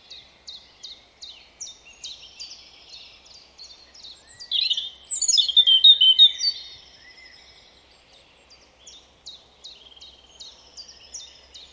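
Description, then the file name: European robin: soft repeated high ticking notes, then a loud tumbling warbled phrase midway, followed by more quiet regular ticks. "Erithacus rubecula"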